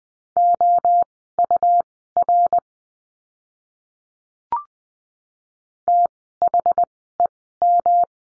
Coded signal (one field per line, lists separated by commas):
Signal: Morse code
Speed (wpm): 20 wpm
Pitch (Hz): 700 Hz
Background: none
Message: OUR THEM